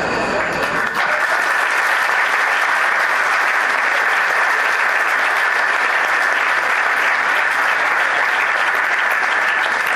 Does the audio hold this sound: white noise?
no